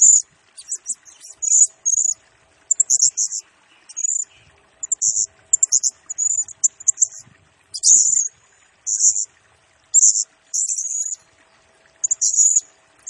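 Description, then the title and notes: Blue-crowned hanging parrot delivering steady shrill song, repeated buzzy high bursts and chattering chips with only short pauses throughout. Serindit in 'gacor' (constantly singing) and 'nembak' rapid-fire style; recording used as a 'pemikat' lure and 'nasteran' tutor for training birds, said to agitate all birds. "Burung Serindit Nembak Gacor Bikin Emosi Semua Burung. Suara Nasteran Dan Pemikat Burung Serinditan Gacor"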